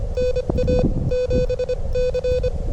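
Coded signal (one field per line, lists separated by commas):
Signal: Morse code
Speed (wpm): 25 wpm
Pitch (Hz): 500 Hz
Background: none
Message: NA7C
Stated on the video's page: Morse code at 25 WPM during a POTA park activation at a state park, in strong wind.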